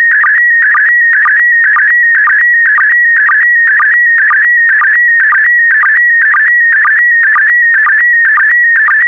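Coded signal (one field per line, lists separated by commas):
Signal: SSTV (slow-scan television)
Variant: PD120 mode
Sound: warbling tone near 2 kHz with rhythmic low blips twice a second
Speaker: transmission complete you can now check your decoded image against the picture that is shown on the video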